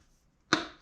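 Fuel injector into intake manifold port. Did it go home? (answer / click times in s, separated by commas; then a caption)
yes / 0.5 s. A fuel injector is pushed into its funnel-shaped port on an LS6 intake manifold on a supercharged C5 Corvette. After near silence, a sharp, bright snap at 0.5 seconds rings briefly and fades. The injector is seated.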